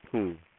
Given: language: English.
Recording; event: throat vibration sensor signal played as sound; speech